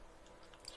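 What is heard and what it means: A small plastic spark plug wire holder is pushed into place on a model engine's valve cover. Faint rubbing and crunching give way to two short clicks at 0.5 s and 0.7 s as it seats with a snug fit.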